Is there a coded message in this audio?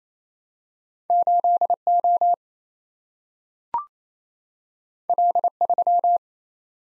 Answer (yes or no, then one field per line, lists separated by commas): yes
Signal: Morse code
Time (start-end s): 1.1-6.2 s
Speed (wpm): 28 wpm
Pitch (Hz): 700 Hz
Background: none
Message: 8O L3